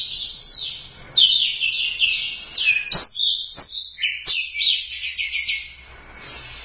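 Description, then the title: Thrush song, a rich, varied run of high whistles, slurs and trills, sung in quick phrases with brief pauses between. "burung anis x"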